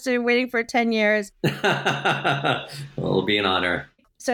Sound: laughs